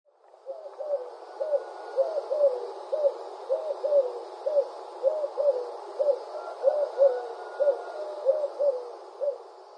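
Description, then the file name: Eurasian collared dove cooing: low, hollow notes in short groups of two or three, repeated steadily throughout over a constant hum and a faint steady tone. Kasukabe, 13 September 2012. "shirakobato kasukabe moriya"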